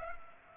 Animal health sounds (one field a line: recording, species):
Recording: mosquito wingbeat signal from an infrared sensor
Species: Culex pipiens